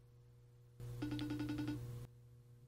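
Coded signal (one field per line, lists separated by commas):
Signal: none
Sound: faceTime calling tone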